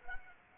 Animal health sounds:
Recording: mosquito wingbeat signal from an infrared sensor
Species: Anopheles arabiensis

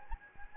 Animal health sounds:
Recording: mosquito wingbeat signal from an infrared sensor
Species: Anopheles gambiae

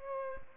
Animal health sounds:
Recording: mosquito wingbeat signal from an infrared sensor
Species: Aedes albopictus

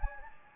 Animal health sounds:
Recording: mosquito wingbeat signal from an infrared sensor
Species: Anopheles gambiae

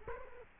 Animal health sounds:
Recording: mosquito wingbeat signal from an infrared sensor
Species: Culex quinquefasciatus

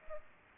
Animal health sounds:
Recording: mosquito wingbeat signal from an infrared sensor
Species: Culex pipiens

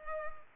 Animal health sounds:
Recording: mosquito wingbeat signal from an infrared sensor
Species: Culex pipiens

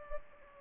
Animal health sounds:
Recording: mosquito wingbeat signal from an infrared sensor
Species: Culex pipiens

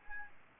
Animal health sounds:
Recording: mosquito wingbeat signal from an infrared sensor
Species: Aedes albopictus

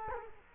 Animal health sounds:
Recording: mosquito wingbeat signal from an infrared sensor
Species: Culex quinquefasciatus

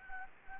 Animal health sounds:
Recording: mosquito wingbeat signal from an infrared sensor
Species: Anopheles gambiae

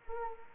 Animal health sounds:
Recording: mosquito wingbeat signal from an infrared sensor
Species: Anopheles arabiensis

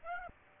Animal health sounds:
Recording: mosquito wingbeat signal from an infrared sensor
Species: Aedes aegypti

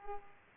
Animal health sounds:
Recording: mosquito wingbeat signal from an infrared sensor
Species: Culex pipiens

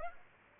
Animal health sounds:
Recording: mosquito wingbeat signal from an infrared sensor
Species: Aedes aegypti

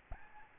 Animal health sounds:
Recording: mosquito wingbeat signal from an infrared sensor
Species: Aedes albopictus

